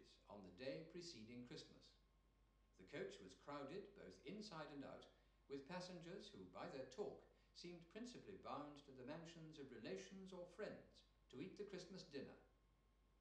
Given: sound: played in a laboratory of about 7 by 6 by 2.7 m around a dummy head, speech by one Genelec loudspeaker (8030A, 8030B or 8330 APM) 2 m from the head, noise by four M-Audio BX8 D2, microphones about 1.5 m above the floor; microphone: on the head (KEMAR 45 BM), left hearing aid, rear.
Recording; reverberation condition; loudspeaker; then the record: male speech in English; medium; 150 degrees to the left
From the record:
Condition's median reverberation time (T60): about 510 ms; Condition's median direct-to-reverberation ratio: about -0.5 dB